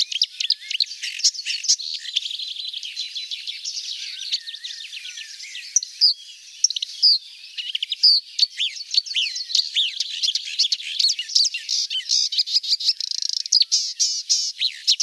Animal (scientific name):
Acrocephalus palustris